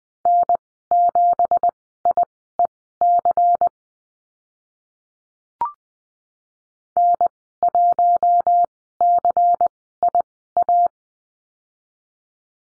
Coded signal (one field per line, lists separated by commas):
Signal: Morse code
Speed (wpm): 20 wpm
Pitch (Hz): 700 Hz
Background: none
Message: N7IEC N1CIA